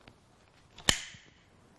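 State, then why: Seated. For heavier loads, a second rope wrap is added around the friction bar of a Buckingham OXBlock rigging block, passing its spring gate. After a few faint ticks, one sharp, bright click sounds at 0.9 s and rings off briefly. The wrap seats past the gate.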